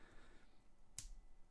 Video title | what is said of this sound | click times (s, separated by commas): LEGO City - Set 30010 - (2010) Fire Chief - Build and Review | There we go. Nice clicks. | 1.0 s